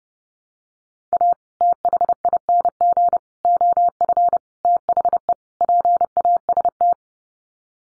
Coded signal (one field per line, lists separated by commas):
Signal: Morse code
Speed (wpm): 30 wpm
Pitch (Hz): 700 Hz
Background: none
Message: A THING OF THE PAST